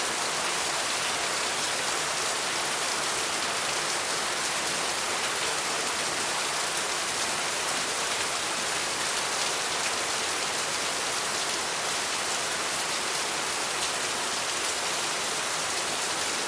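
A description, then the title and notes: Heavy rain pours down steadily, a dense, even hiss that never lets up across the whole stretch. The sound is bright, thick with countless tiny drop impacts, with little low rumble beneath and no distinct separate events. Heavy Rain Sounds at Night. Ambient Noise Rainstorm.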